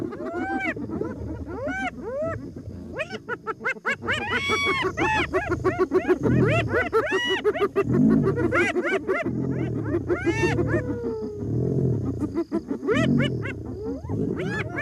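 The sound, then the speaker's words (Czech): A clan of 30 to 45 hyenas, gathering at night from all sides around a lion, whoops, giggles and yelps in rising and falling cries, layered over the lion's deep rumbling growls and roars, continuous and loud throughout. “Přibližují se nocí ze všech stran. Klan se shromažďuje. 30, 40, 45 hyen.”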